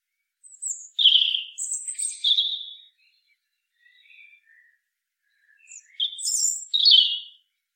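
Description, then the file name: European robin singing high, sweet warbled phrases with quick trills, a soft quiet run in the middle, then a louder twittering phrase at the end. "Erithacus rubecula"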